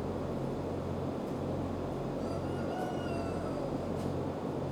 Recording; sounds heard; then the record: poultry house recording; healthy chickens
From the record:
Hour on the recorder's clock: 16